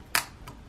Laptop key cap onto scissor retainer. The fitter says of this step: snaps into place and that's how you would replace a normal-size key now